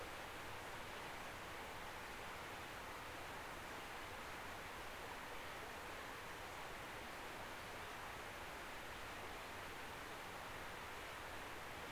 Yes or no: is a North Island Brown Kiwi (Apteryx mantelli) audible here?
no